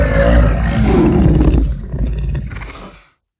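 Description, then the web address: Bear scream: a deep, rough roar with grinding low tones, fading over about three seconds before cutting off. "medium great bear scream"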